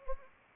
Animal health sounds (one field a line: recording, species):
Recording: mosquito wingbeat signal from an infrared sensor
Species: Anopheles arabiensis